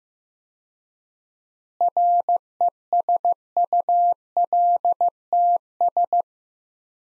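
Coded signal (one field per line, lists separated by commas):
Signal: Morse code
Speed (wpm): 15 wpm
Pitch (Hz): 700 Hz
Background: none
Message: RESULTS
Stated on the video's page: Practice sets of four words at 15 wpm with 4x word spacing, Farnsworth-like; each sent in Morse, spoken, then sent again.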